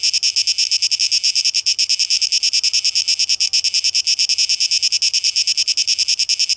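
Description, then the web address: Cicada giving a high, grating, pulsing drone with no other clear sounds. Recorded 12 August 2023; tape echo mix. "rauschpartikel Audio 2023-08-12 Zikaden"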